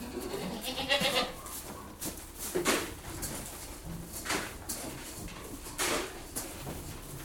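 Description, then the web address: Goats giving brief nasal bleats over repeated knocks, clatter and rustling of feeding movement. Goats indoors being fed, with lots of bleating and movement in a general atmosphere. "goats interior being fed with lots of bleating and movement general atmosphere"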